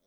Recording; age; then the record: pig call; piglet (1 to 25 days)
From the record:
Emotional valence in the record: positive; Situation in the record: reunion after long isolation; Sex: male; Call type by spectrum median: high-frequency call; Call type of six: low-frequency stable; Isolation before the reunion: 8 minutes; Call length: 0.07 s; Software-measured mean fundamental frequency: 66 Hz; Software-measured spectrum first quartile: 462 Hz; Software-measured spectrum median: 2642 Hz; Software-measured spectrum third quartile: 10912 Hz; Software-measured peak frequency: 528 Hz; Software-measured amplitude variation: 12 dB a second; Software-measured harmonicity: 5.5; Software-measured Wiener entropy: -2.39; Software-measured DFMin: 1088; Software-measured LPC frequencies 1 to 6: 543, 2151, 3418, 3977, 5636, 7766 Hz